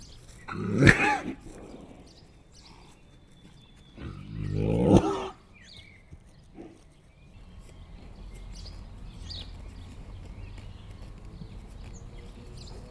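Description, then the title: Horse giving two loud breathy snorts about four seconds apart, followed by a quieter background with birds. Mare with a cold, one of two mares in a pasture, with near and distant birds; Chindrieux, France. "195 Rue de Vars, Chindrieux, France - Jument enrhumée"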